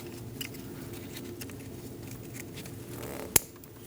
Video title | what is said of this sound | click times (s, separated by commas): How to Replace Water Pump 2002-2006 Toyota Camry 2.4L L4 | Make sure you hear that click. It's an important one. | 3.4 s